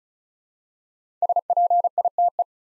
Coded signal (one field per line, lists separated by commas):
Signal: Morse code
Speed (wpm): 36 wpm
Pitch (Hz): 700 Hz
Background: none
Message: SPITE